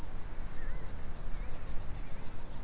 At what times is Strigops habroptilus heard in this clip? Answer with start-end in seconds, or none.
none